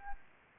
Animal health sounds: mosquito wingbeat signal from an infrared sensor; Anopheles gambiae

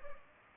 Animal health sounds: mosquito wingbeat signal from an infrared sensor; Culex pipiens

